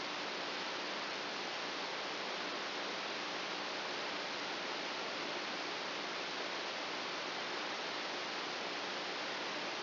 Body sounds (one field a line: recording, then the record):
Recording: brain microelectrode recording played as sound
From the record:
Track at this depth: inside the subthalamic nucleus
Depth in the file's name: 4.003 mm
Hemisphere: right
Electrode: 2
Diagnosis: Parkinson's disease